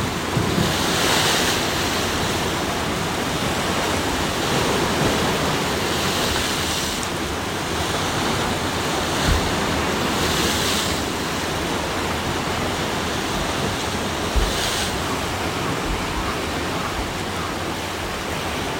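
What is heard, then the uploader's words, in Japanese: Ocean waves wash steadily along the shore in a dense, even roar, with a few brief brighter surges and light wind rumble underneath. 環境音 海辺にて（話し声なしASMR）。波の音。海辺の音。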